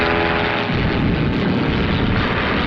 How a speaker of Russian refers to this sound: В крутом пике на аэродром заходит мистер Шмидт. Мессер! Спокойно. Это свои. Это маэстро. Кузнечик машет рукой, в нижней точке пике самолет сбрасывает бомбу.